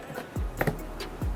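A second RAM memory module is pressed into the fourth DIMM slot on a motherboard, and its latch clicks at 0.6 s, followed by a second sharp snap just after. There are low thumps around it, someone talks briefly, and the module is seated.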